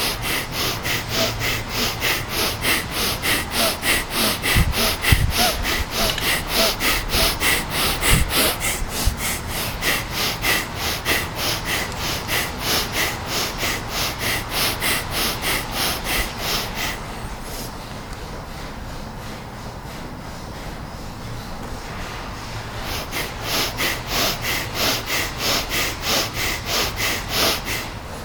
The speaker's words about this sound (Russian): И теперь мы начинаем дышать бхастрику долго. И чуть-чуть побыстрее добавляем.